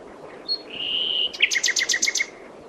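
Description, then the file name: Common nightingale phrase: a long level whistle, then a quick, evenly spaced run of double notes. "Luscinia megarhynchos"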